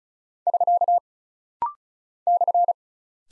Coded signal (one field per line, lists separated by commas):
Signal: Morse code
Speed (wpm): 36 wpm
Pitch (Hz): 700 Hz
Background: none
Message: <SK> /